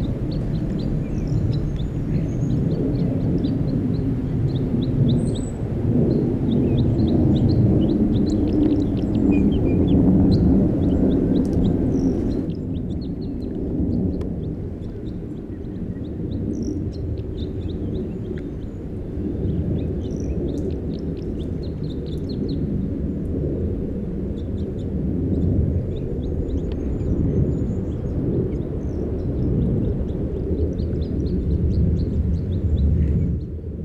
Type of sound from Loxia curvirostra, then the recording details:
song. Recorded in the wild. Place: Garmisch-Partenkirchen, Bayern, DE. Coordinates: 47.4964, 11.1297. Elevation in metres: 972. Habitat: mountains. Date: 1980-03-28. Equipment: Uher 4000 Report, Sennheiser MKH 815 T. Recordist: Tretzel, Erwin. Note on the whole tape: halber Aufgang zur Eckenhütte auf freier Fläche mit Blick auf Garmisch-Partenkirchen: Gesang